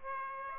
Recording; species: mosquito wingbeat signal from an infrared sensor; Aedes aegypti